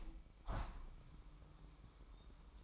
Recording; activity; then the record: daily activity, microphone in the room; open window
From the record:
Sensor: 1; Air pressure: 998.6 hPa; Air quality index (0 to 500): 130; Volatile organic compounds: 4 ppm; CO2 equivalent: 1567 ppm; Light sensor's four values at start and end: 9/21/8/10 and 8/20/8/10